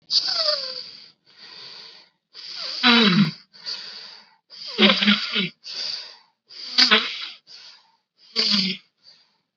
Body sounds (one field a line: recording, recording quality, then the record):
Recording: deep breathing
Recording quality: excellent, no background noise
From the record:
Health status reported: COVID-19 positive, mild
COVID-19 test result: positive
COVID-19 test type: RT-PCR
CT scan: not taken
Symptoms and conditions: cough, fever, fatigue, muscle pain, diabetes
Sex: female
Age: 58 years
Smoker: no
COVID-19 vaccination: both doses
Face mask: worn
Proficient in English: yes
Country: India